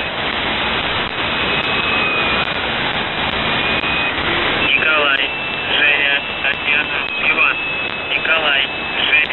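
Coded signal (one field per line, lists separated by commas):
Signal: numbers station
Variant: UVB-76 voice message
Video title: The Buzzer/UVB-76(4625Khz) February 14th, 15th, 19th 2022 Voice messages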